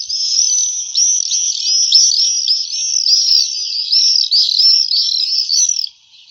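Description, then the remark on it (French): Shrill, high-pitched screaming calls of common swifts pour out almost continuously, rapid arching notes overlapping in a loud, steady stream for about six seconds before cutting off. “Et voici tout de suite le chant du martinet noir.”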